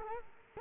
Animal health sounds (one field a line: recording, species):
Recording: mosquito wingbeat signal from an infrared sensor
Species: Culex quinquefasciatus